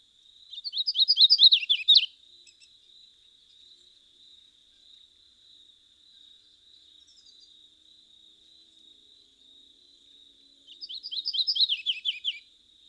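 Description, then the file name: Painted redstart song: two bright, rapid bursts of slurred warbled notes, each about one and a half seconds, separated by roughly nine seconds, over a steady high insect whine. "Painted Redstart - Myioborus pictus"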